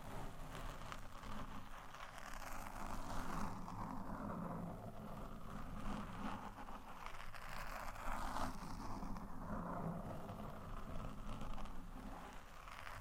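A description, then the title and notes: Mic scratching runs the whole thirteen seconds as a dense, rough rustle with a steady low rumble under it. The scraping swells and eases in uneven strokes every second or two, brighter bursts near three, five, eight and ten seconds, with no talking. ASMR Mic Scratching (No Talking).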